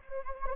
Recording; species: mosquito wingbeat signal from an infrared sensor; Anopheles gambiae